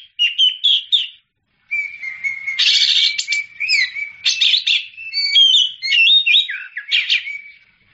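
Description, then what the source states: Oriental magpie-robin song, rich and continuous, mixing steady whistled notes with harsh buzzy bursts and fast twittering flourishes. Champion bird singing.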